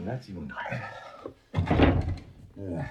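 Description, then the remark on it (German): A man speaks, then a door is rattled and knocked on in a loud, noisy burst of clattering thumps lasting about a second, before talking resumes. “Hier ist eine Tür!”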